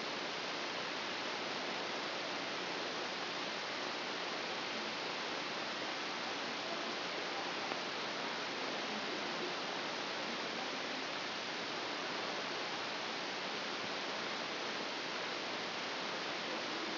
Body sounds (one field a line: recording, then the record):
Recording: brain microelectrode recording played as sound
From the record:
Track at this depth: outside the subthalamic nucleus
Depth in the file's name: 0.246 mm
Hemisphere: left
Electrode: 3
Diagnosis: Parkinson's disease